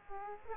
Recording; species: mosquito wingbeat signal from an infrared sensor; Aedes aegypti